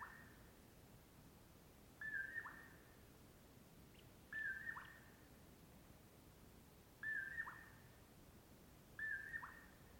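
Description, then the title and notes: Common Poorwill singing a soft whistled phrase, four times at uneven gaps of two to three seconds, with a faint hiss behind. Heard at dawn before other morning birds start; mellow "poor-will-low"; crepuscular nightjar; recorded near Colockum Pass off Brewton Road. "In the morning I awoke to the mellow “poor-will-low” of a Common Poorwill"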